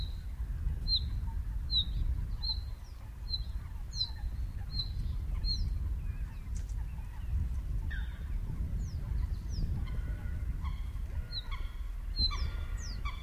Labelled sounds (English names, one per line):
Bluethroat song